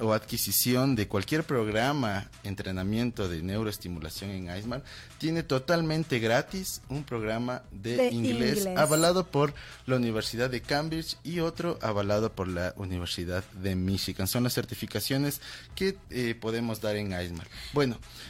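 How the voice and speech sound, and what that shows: A single adult man speaks fluent Spanish in a quiet room at a steady, conversational pace, with only brief hesitation fillers and short pauses. Voice quality and articulation are ordinary, with no slurring, word-finding blocks or abnormal voicing.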